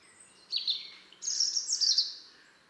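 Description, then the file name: European robin song: two thin, high warbling phrases, the second longer and brighter, with a soft background hiss. "Erithacus rubecula"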